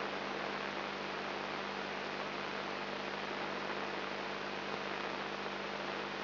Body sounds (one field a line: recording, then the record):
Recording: brain microelectrode recording played as sound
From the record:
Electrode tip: outside the subthalamic nucleus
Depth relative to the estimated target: 2.5 mm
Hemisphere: left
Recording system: AlphaMap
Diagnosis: Parkinson's disease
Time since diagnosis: 10 years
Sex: male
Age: 56 years